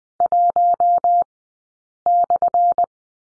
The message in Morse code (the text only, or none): 1/